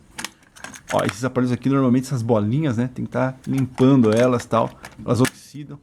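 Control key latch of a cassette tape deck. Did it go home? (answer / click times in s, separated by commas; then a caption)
no / none. Someone presses a control key on a 1980s Gradiente cassette tape deck (an S106 or S126), producing several rattling mechanical taps at about 0.2, 0.3, 0.5, 0.6 and 0.8 seconds while someone talks. The key does not stay latched, blamed on oxidised ball detents in the mechanism, and nothing has seated or clicked into place yet.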